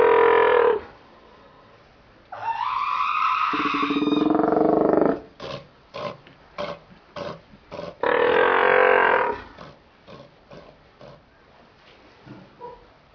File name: north fur seal